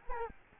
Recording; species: mosquito wingbeat signal from an infrared sensor; Culex quinquefasciatus